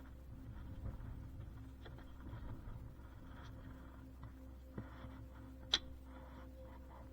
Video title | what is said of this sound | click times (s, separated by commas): John Deere traction control cable 22" mower (Drive Cable) | you should hear a definitive click sound | 5.7 s